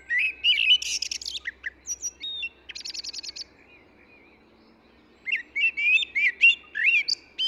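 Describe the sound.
Eurasian blackbird delivering mellow warbled phrases mixed with rapid high trills and squeaks, pausing briefly before resuming with fluty notes.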